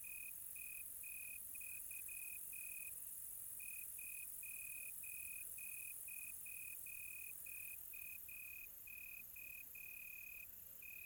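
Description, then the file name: Cricket chirping in high, clipped pulses, a brief gap near the third second, then resuming its run over faint hiss. Quiet tropical night. "quiet tropical night with cricket"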